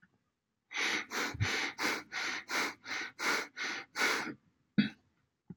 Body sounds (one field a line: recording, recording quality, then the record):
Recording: shallow breathing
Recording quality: excellent, no background noise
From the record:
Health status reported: healthy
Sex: male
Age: 33 years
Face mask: not worn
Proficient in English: yes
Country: United States